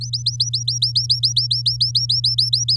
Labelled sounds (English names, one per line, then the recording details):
Domestic Canary song
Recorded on 9 May 2018 at 13:00
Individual llb16